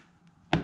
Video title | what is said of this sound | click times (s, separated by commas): ACS Composite Waterfall for your C7 Corvette - FIX an easily broken interior component for CHEAP! | squeeze around that piece that broke off the other one and turn it till you hear it pop into place now it's good to go | 0.5 s